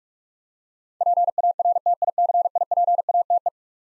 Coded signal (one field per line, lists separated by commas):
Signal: Morse code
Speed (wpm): 46 wpm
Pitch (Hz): 700 Hz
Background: none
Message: PARTICIPATE